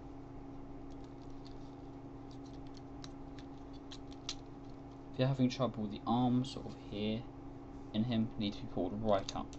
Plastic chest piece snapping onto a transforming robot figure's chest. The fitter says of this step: And it will click into place.